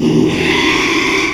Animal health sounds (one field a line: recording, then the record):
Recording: squeal of a Yucatan mini pig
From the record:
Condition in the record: after surgery on the right vocal fold (resection and tissue-engineered implant)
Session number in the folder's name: 1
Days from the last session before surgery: 6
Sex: male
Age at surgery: 12 weeks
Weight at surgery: 13 kg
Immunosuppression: cyclosporine, prednisolone